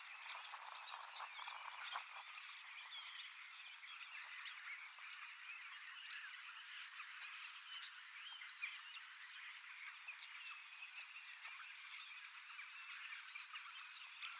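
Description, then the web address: Common starling flock song, a continuous busy babble of high chirps, rattles and thin whistles from many birds at once, steady across the whole stretch. Large flock of young birds practising song in preparation for next spring; recorded 25 August 2026 in Finland. "paivat 25 8 2026 iso kottaraisten nuorisoparvi valmistautuu ensi kevaaseen lauluharjoittelemalla"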